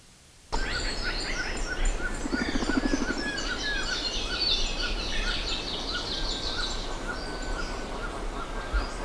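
Bird: after a brief quiet start, a crowded bird chorus begins: countless overlapping chirps and chatters over a steady noisy background.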